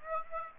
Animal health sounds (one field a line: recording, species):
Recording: mosquito wingbeat signal from an infrared sensor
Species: Aedes aegypti